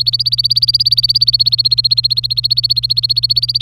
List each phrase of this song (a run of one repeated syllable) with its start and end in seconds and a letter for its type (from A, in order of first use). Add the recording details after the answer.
0.00-3.61 A. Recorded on 27 April 2018 at 15:41. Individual llb3